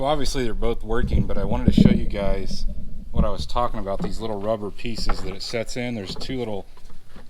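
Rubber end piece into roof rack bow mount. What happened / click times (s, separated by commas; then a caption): The rubber piece is being handled but has not clicked into place yet / none. Someone talks while handling the small rubber end pieces that sit in a roof rack bow mount, which are to be pressed into their seats on the roof before the bow is bolted down. The pieces are handled but not yet home; nothing has seated or clicked yet.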